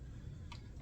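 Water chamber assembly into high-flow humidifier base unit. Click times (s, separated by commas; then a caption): 0.5 s. The heater dome and water chamber assembly of an Airvo 2 is slid into the high-flow humidifier base unit and pushed hard until it locks into place. A single brief, sharp tick at 0.5 s stands out over a steady low background hum. The chamber is seated.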